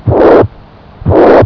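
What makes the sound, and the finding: Heart by stethoscope. Holosystolic heart murmur.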